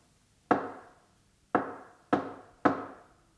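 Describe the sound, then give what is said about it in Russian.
Four sharp signal knocks on a window pane, one alone then a quick group of three with a brief pause pattern, each a crisp rap that rings off quickly, with no voices. “Вздумал я вдруг им тогда эти самые знаки по окну простучать.”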